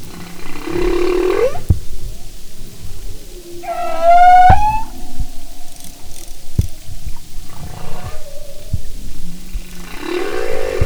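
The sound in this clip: Humpback whale song phrases: rising moans and a loud upswept, harmonic cry, separated by quieter tonal units and scattered clicks in the background.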